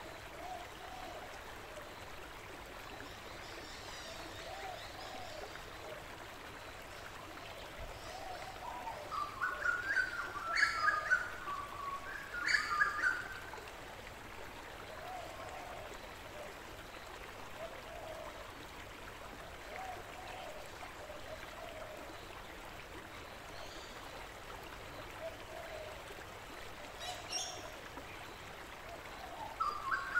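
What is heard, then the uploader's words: A creek flows steadily through a forest, its soft, even rush of water holding level throughout. Brief bright chirping calls, likely birds, rise above the water around ten to thirteen seconds, with another faint call near twenty-seven seconds and again at the end. Forest Nature Sounds with a Relaxing Flowing Creek in Australia. In this soundscape video you see a flowing creek in the forest with very relaxing flowing water sounds, and in the background you can hear the australian birds singing and chirping on a beautiful summer day.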